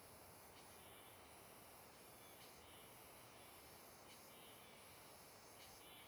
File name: Cigarra com Som Diferente na Beira do Rio